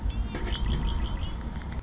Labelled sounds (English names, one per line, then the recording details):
Red-winged Blackbird
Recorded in Sonoma County, California